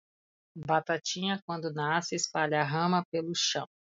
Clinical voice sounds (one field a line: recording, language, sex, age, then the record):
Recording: short text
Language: Brazilian Portuguese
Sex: female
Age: 40 to 49 years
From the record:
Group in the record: control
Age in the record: 44 years